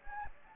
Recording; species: mosquito wingbeat signal from an infrared sensor; Anopheles gambiae